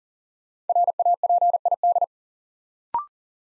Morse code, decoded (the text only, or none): RAPID